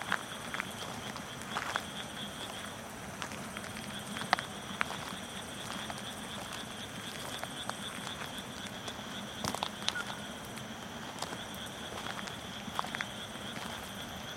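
A midnight rice paddy hums with a dense, steady chorus of frogs and insects, with scattered clicks and rustles over a low background murmur.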